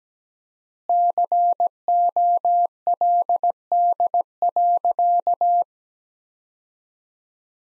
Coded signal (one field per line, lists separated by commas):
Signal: Morse code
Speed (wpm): 17 wpm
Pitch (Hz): 700 Hz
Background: none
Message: COLD.